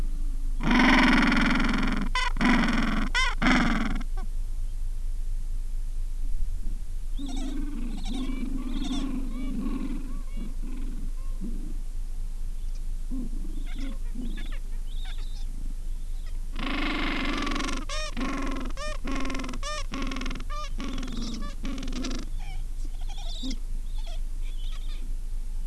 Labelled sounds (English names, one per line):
Gentoo Penguin